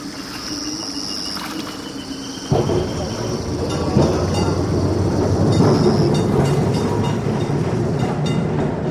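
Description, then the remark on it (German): A tram rumbles along its rails in a steady low roar that swells noticeably after a couple of seconds, with a thin high metallic whine and occasional wheel clatter on top. “Und um sie herum wird gerannt, gelaufen, nach einem Platz in der nächsten Straßenbahn oder”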